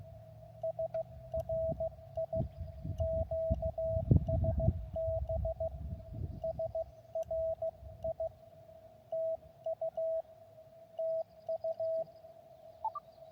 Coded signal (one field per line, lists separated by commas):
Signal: Morse code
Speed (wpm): 15 wpm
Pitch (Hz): 650 Hz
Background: radio noise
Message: SRI QSB SRI TU TU